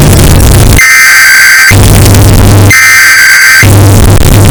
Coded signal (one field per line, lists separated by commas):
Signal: Emergency Alert System (SAME) tones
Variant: header bursts